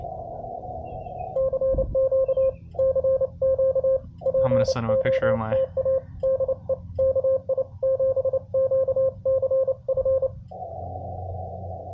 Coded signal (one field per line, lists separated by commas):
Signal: Morse code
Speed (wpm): 28 wpm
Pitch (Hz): 530 Hz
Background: speech, radio noise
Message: CQ CQ POTA DE KI7QCF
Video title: A Straight Key, Bug and Paddle walk into a POTA